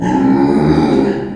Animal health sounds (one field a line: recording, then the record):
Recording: squeal of a Yucatan mini pig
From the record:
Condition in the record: before surgery on the right vocal fold (resection and tissue-engineered implant)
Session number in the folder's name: 1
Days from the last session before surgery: -21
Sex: female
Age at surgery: 19 weeks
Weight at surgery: 25 kg